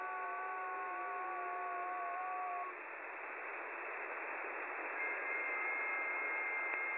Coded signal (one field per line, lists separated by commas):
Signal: FT8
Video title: FT8 on 12 meter